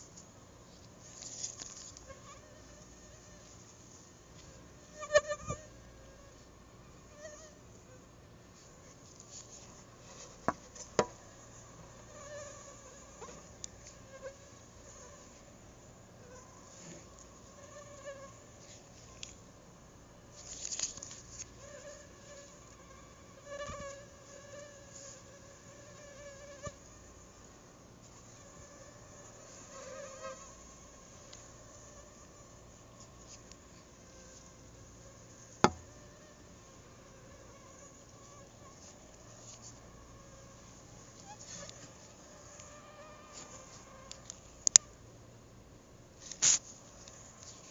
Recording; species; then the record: mosquito flight sound by mobile phone; Anopheles gambiae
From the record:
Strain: RSP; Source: CDC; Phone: Google Nexus